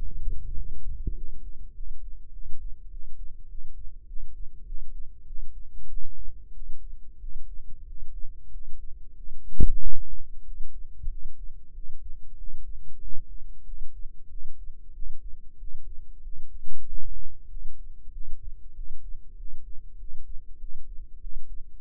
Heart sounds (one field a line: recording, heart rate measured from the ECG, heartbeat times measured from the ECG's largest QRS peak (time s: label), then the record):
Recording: heart sounds by microphone in the left ear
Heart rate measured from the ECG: 96 bpm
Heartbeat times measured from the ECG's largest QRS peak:
0.53 s: heartbeat
1.13 s: heartbeat
1.73 s: heartbeat
2.31 s: heartbeat
2.89 s: heartbeat
3.46 s: heartbeat
4.05 s: heartbeat
4.64 s: heartbeat
5.24 s: heartbeat
5.87 s: heartbeat
6.51 s: heartbeat
7.18 s: heartbeat
7.84 s: heartbeat
8.49 s: heartbeat
9.14 s: heartbeat
9.78 s: heartbeat
10.42 s: heartbeat
11.07 s: heartbeat
11.72 s: heartbeat
12.35 s: heartbeat
12.99 s: heartbeat
13.63 s: heartbeat
14.27 s: heartbeat
14.92 s: heartbeat
15.57 s: heartbeat
16.21 s: heartbeat
16.84 s: heartbeat
17.47 s: heartbeat
18.10 s: heartbeat
18.73 s: heartbeat
19.35 s: heartbeat
19.96 s: heartbeat
20.57 s: heartbeat
21.18 s: heartbeat
21.80 s: heartbeat
From the record:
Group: healthy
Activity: rest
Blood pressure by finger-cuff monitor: 94/67 mmHg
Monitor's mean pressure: 76 mmHg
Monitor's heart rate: 96 bpm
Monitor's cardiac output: 7.6 L/min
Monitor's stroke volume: 80 mL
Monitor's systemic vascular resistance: 710 dyn s/cm5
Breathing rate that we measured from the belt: 15 breaths a minute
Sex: male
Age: 19 years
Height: 178 cm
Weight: 83 kg